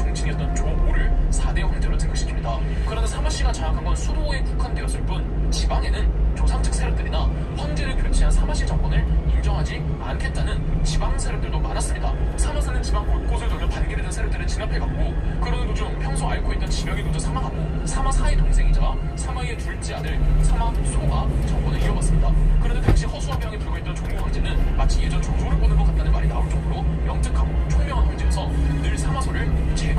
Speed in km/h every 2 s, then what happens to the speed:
13, 12, 12, 15, 19, 18, 11, 11, 13, 14, 19, 19, 22, 24, 27.
4-9 speeds up to 19. 9-12 slows to 11. 14-30 speeds up to 27.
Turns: none.